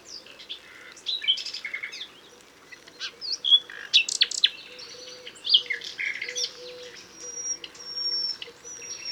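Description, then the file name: Common nightingale singing: varied phrases of sharp chirps, rapid clicks and clear whistles, ending with a few long, level whistled notes. "Luscinia megarhynchos"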